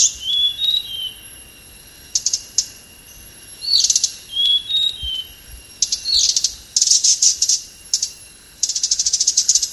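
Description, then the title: Hanging parrot giving thin whistled notes and rapid, high, rattling chirp bursts, growing busier toward the end, with a steady high hum behind. "SERINDIT"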